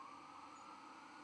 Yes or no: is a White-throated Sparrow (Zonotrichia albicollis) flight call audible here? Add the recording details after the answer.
no. Another species' flight call is heard. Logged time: 02:29 on 1 November 2014